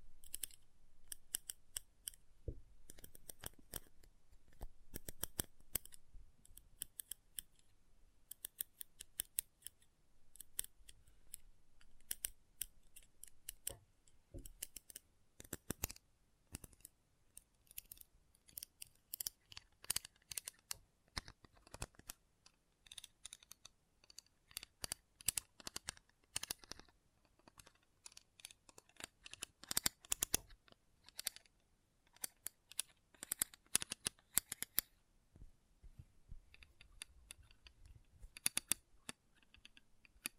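Rapid magnetic clicks and snips scatter irregularly throughout, growing denser and sharper after the midpoint.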